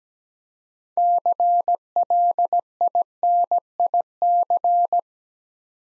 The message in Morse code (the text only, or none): CLINIC